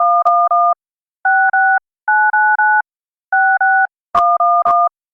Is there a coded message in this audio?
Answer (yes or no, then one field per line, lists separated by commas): yes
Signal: DTMF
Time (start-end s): 0.0-4.9 s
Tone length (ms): 170 ms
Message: 1 69 61